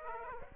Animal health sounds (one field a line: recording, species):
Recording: mosquito wingbeat signal from an infrared sensor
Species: Aedes aegypti